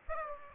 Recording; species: mosquito wingbeat signal from an infrared sensor; Aedes aegypti